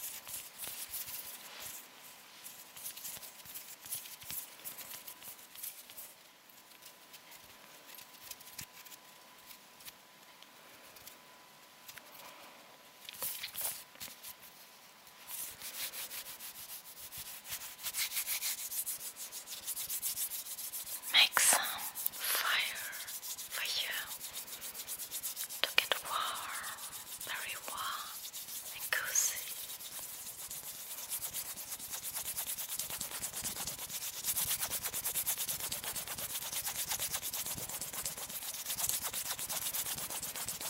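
Hands rub together with a dry, bright, hissing texture. The first fifteen seconds are soft and sparse, with a faint steady tone underneath. From about 17 seconds the rubbing grows louder and busier, with sharp skin clicks near 21, 26 and 29 seconds.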